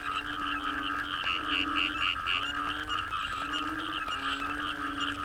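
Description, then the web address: Frogs calling in a dense chorus: drawn-out low tones overlapping with bright pulsed notes higher up, continuous throughout. Frogs in the Cherating wetlands, Malaysia; a wetland soundscape. "yamaha frogs cherating wetlands. soundscape malaysia"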